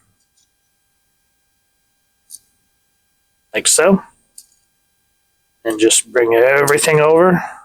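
The plastic leg panel of a Hasbro Transformers Studio Series 86 Voyager Hot Rod transforming action figure is handled and brought over to be locked into place, with brief faint plastic ticks near 2.4 s and 4.4 s while someone talks. Nothing has seated or clicked yet; the clip ends just before the leg panel snaps home.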